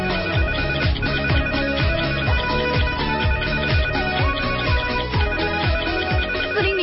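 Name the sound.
telephones ringing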